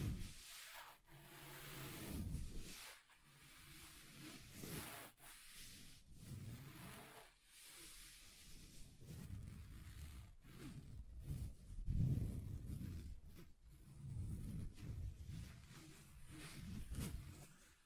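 Scratching across a table surface, in uneven strokes that rasp and hiss, each lasting a second or two with brief gaps between. The texture shifts from airy and bright to rougher, lower scraping, with the heaviest strokes around the middle and near twelve seconds.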